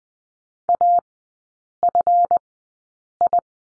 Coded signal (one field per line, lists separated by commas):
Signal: Morse code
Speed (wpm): 20 wpm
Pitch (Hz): 700 Hz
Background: none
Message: AFI